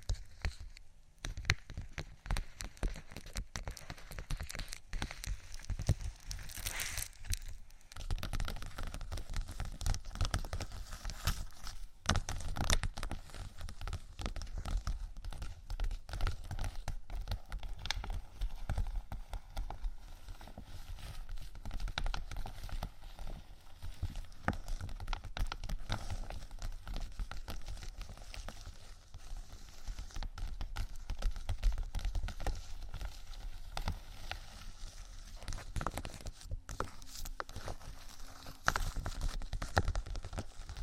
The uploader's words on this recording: ASMR Tapping & Scratching 5 Types Of Vinyl（No Talking）.